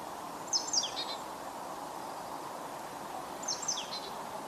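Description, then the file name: Marsh tit calls: two brief bursts of sharp, high notes with quick descending slurs, about three seconds apart, over a steady low background hiss. "Poecile palustris"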